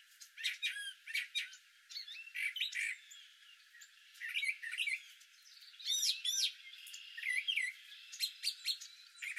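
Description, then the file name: Brown thrasher song of rich, varied phrases, whistled slurs mixed with sharp clicks, delivered in short bursts. Recorded 17 April 2019. "BRTH-song 4-17-19"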